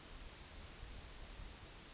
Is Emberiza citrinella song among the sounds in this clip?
no